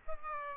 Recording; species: mosquito wingbeat signal from an infrared sensor; Aedes albopictus